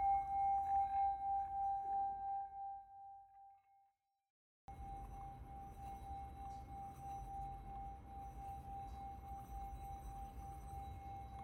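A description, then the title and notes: A Tibetan singing bowl rings with a steady tone that pulses and fades to silence by four seconds, then resumes abruptly with low rumbling underneath. Smooth sounds of this ancient Tibetan sound bowl.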